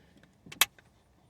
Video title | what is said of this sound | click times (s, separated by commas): Chevy Cruze trunk release switch part 2 | push it in until it clicks in | 0.6 s